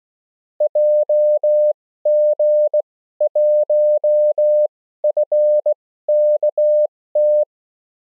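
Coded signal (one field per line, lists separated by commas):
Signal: Morse code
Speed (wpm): 19 wpm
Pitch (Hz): 600 Hz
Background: none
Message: JG1FKT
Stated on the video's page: Simulated CW QSO made by an iPhone app using a touch keyer.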